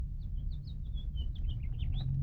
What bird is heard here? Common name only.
House Finch